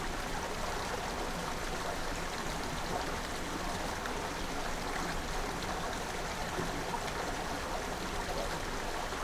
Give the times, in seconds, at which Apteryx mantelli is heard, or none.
none